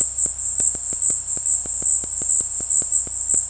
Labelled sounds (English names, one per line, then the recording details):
none
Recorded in dense forest near Puerto Asís, Putumayo, Colombia, on 21 February 2024 at 17:00
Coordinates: 0.487, -76.319
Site G6403